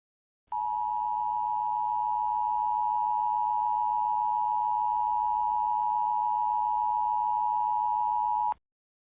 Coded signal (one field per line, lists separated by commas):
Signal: Emergency Alert System (SAME) tones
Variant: 853 and 960 Hz attention tone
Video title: [EAS] 10:42: A Real-Time Nuclear Attack Simulation